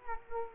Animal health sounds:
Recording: mosquito wingbeat signal from an infrared sensor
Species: Culex quinquefasciatus

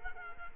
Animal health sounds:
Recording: mosquito wingbeat signal from an infrared sensor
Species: Culex quinquefasciatus

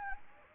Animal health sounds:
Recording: mosquito wingbeat signal from an infrared sensor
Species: Anopheles gambiae

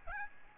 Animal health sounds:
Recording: mosquito wingbeat signal from an infrared sensor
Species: Aedes albopictus

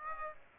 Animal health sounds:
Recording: mosquito wingbeat signal from an infrared sensor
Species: Aedes aegypti

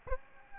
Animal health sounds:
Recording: mosquito wingbeat signal from an infrared sensor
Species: Aedes albopictus

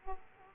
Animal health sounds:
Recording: mosquito wingbeat signal from an infrared sensor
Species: Aedes aegypti

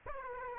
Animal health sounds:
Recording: mosquito wingbeat signal from an infrared sensor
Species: Aedes aegypti

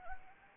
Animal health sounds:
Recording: mosquito wingbeat signal from an infrared sensor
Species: Anopheles gambiae

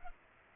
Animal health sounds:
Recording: mosquito wingbeat signal from an infrared sensor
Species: Culex pipiens

